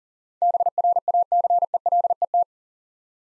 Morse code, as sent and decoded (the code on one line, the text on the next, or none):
-... .-. .- -.-. . .-.. . -
BRACELET